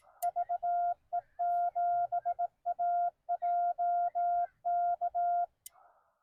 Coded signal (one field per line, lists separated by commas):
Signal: Morse code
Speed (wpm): 17 wpm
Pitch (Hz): 700 Hz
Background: none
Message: VE7AJK